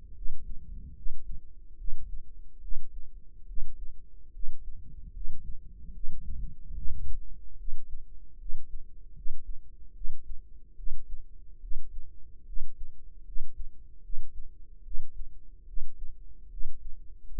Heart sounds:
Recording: heart sounds by microphone in the right ear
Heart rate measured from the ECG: 74 bpm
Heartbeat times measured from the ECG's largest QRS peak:
0.13 s: heartbeat
0.93 s: heartbeat
1.75 s: heartbeat
2.59 s: heartbeat
3.45 s: heartbeat
4.31 s: heartbeat
5.11 s: heartbeat
5.91 s: heartbeat
6.73 s: heartbeat
7.56 s: heartbeat
8.37 s: heartbeat
9.13 s: heartbeat
9.92 s: heartbeat
10.74 s: heartbeat
11.59 s: heartbeat
12.44 s: heartbeat
13.23 s: heartbeat
14.01 s: heartbeat
14.82 s: heartbeat
15.64 s: heartbeat
16.48 s: heartbeat
17.25 s: heartbeat
From the record:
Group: healthy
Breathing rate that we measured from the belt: 15 breaths a minute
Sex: female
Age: 19 years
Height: 163 cm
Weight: 51 kg

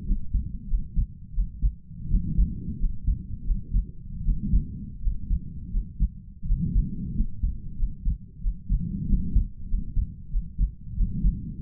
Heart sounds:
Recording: heart sounds by stethoscope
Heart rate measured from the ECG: 88 bpm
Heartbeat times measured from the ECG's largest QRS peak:
0.04 s: heartbeat
0.66 s: heartbeat
1.32 s: heartbeat
2.07 s: heartbeat
2.77 s: heartbeat
3.43 s: heartbeat
4.21 s: heartbeat
4.99 s: heartbeat
5.69 s: heartbeat
6.44 s: heartbeat
7.13 s: heartbeat
7.75 s: heartbeat
8.39 s: heartbeat
9.05 s: heartbeat
9.66 s: heartbeat
10.29 s: heartbeat
10.94 s: heartbeat
11.58 s: heartbeat
From the record:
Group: healthy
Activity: rest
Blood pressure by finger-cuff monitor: 98/64 mmHg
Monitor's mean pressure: 73 mmHg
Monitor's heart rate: 92 bpm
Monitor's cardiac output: 5.8 L/min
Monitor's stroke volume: 65 mL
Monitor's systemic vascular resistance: 910 dyn s/cm5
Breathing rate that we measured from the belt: 27 breaths a minute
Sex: male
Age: 22 years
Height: 181 cm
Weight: 60 kg

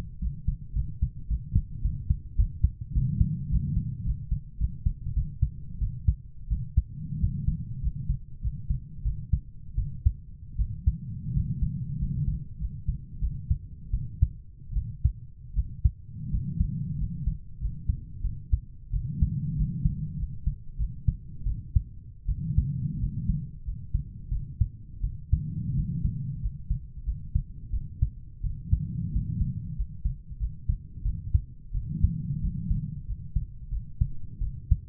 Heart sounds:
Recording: heart sounds by stethoscope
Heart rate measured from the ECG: 91 bpm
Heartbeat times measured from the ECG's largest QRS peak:
0.21 s: heartbeat
0.75 s: heartbeat
1.29 s: heartbeat
1.83 s: heartbeat
2.37 s: heartbeat
2.94 s: heartbeat
3.50 s: heartbeat
4.05 s: heartbeat
4.59 s: heartbeat
5.15 s: heartbeat
5.80 s: heartbeat
6.49 s: heartbeat
7.20 s: heartbeat
7.82 s: heartbeat
8.42 s: heartbeat
9.04 s: heartbeat
9.77 s: heartbeat
10.58 s: heartbeat
11.33 s: heartbeat
11.98 s: heartbeat
12.59 s: heartbeat
13.21 s: heartbeat
13.92 s: heartbeat
14.75 s: heartbeat
15.55 s: heartbeat
16.30 s: heartbeat
16.98 s: heartbeat
17.60 s: heartbeat
18.23 s: heartbeat
18.92 s: heartbeat
19.56 s: heartbeat
20.17 s: heartbeat
20.77 s: heartbeat
21.45 s: heartbeat
22.27 s: heartbeat
22.99 s: heartbeat
23.64 s: heartbeat
24.30 s: heartbeat
25.02 s: heartbeat
25.75 s: heartbeat
26.41 s: heartbeat
27.05 s: heartbeat
27.72 s: heartbeat
28.43 s: heartbeat
29.11 s: heartbeat
29.76 s: heartbeat
30.39 s: heartbeat
31.04 s: heartbeat
31.73 s: heartbeat
32.41 s: heartbeat
33.06 s: heartbeat
33.70 s: heartbeat
34.40 s: heartbeat
From the record:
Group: healthy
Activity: rest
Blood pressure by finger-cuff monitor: 138/69 mmHg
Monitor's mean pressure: 87 mmHg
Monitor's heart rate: 91 bpm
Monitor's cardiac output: 8 L/min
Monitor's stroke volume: 90 mL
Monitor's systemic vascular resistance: 770 dyn s/cm5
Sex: female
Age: 22 years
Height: 160 cm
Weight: 63 kg

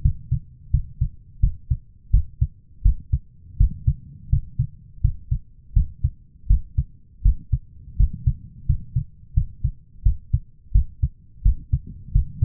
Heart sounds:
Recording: heart sounds by stethoscope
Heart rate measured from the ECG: 84 bpm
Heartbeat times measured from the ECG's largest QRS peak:
0.02 s: heartbeat
0.71 s: heartbeat
1.40 s: heartbeat
2.11 s: heartbeat
2.82 s: heartbeat
3.57 s: heartbeat
4.29 s: heartbeat
5.01 s: heartbeat
5.73 s: heartbeat
6.47 s: heartbeat
7.22 s: heartbeat
7.97 s: heartbeat
8.66 s: heartbeat
9.34 s: heartbeat
10.03 s: heartbeat
10.72 s: heartbeat
11.42 s: heartbeat
12.12 s: heartbeat
From the record:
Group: healthy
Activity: rest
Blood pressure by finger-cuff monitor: 142/98 mmHg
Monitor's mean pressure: 110 mmHg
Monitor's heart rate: 86 bpm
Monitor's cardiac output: 7.3 L/min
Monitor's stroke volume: 86 mL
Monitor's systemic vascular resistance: 1120 dyn s/cm5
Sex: male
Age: 23 years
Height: 179 cm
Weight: 87 kg

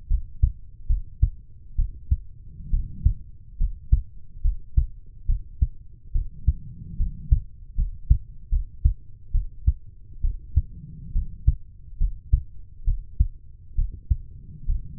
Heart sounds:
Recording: heart sounds by stethoscope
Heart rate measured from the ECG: 70 bpm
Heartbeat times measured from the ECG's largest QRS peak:
0.08 s: heartbeat
0.87 s: heartbeat
1.76 s: heartbeat
2.70 s: heartbeat
3.58 s: heartbeat
4.42 s: heartbeat
5.26 s: heartbeat
6.12 s: heartbeat
6.97 s: heartbeat
7.76 s: heartbeat
8.50 s: heartbeat
9.32 s: heartbeat
10.21 s: heartbeat
11.13 s: heartbeat
11.98 s: heartbeat
12.85 s: heartbeat
13.75 s: heartbeat
14.66 s: heartbeat
From the record:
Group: healthy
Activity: cold pressor test 0-14 s, rest 14-15 s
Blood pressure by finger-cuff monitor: 102/66 mmHg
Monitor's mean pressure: 78 mmHg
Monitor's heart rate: 70 bpm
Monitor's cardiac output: 5.7 L/min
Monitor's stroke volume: 80 mL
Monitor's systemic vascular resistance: 980 dyn s/cm5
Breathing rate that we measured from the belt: 15 breaths a minute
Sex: female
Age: 23 years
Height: 160 cm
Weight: 50.4 kg

